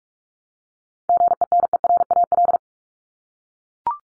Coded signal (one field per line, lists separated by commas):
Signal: Morse code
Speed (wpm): 44 wpm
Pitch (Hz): 700 Hz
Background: none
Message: GENERAL